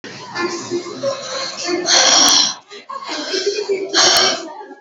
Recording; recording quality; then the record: shallow voluntary cough; poor, much background noise or distortion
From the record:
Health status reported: healthy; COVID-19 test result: negative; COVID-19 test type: RT-PCR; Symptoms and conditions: cough, cold, fever, hypertension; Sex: female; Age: 30 years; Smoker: no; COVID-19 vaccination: both doses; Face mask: worn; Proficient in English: yes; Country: India